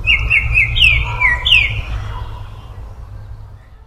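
Baltimore oriole song, a quick run of clear whistled notes sliding downward, several given in close succession before fading, over a low background rumble.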